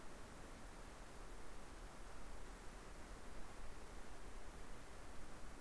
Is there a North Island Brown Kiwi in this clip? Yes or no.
no